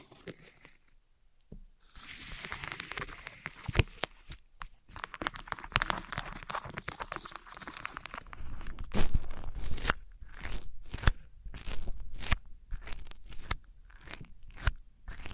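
Handling of materials like wood, cork, sponge and foam: after a near-silent start with a few soft taps, a dense, continuous scratchy crunching runs from about two to eight seconds. Then come separate bright crunches and scrapes, roughly one every second.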